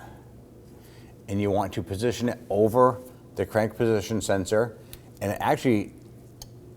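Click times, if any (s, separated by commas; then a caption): 6.4 s. A supplied plastic alignment tool is positioned over a new crankshaft position sensor on a 2008-2011 Ford Focus 2.0L L4 while someone talks. Its alignment tab lines up with the sensor and snaps down into place with a short, sharp click at 6.4 s.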